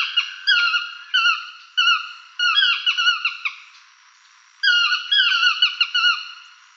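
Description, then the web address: Yellow-throated Toucan singing loud, nasal yelps that slur downward, delivered in quick runs of two to four notes with short gaps between runs. "chant xeno-canto toucan tocard"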